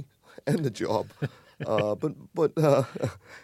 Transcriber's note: soundbite of laughter